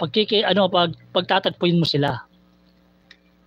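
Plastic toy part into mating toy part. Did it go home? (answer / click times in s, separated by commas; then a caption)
yes / 3.1 s. Two plastic parts of a transforming robot toy are brought together during its transformation, while someone talks for the first couple of seconds. After a quiet pause, a single sharp snap is heard at 3.1 s as the parts lock together.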